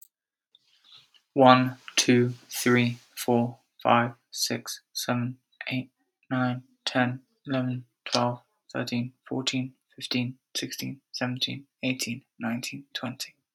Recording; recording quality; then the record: counting at a normal pace; excellent, no background noise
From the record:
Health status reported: healthy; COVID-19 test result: not tested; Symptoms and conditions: asthma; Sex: male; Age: 25 years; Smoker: not ticked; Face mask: not worn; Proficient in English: yes